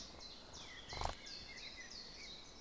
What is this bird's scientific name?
Turdus merula